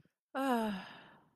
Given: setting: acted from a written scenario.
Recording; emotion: vocal sound without words; disappointment